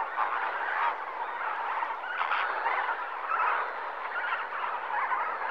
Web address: BBC Sound Effects Library Africa - Natural World Kenya, Flamingoes, Morning, Lake